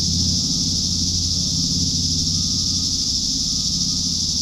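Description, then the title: Cicadas keep up a continuous high buzzing drone while a low humming rumble runs beneath. "neoscenes: cicadas"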